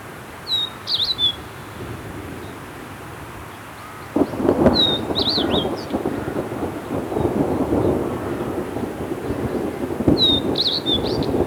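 White-bellied redstart song: short, high, thin whistled phrases with quick slurred notes, given about every five seconds over a loud low rumble that starts after about four seconds.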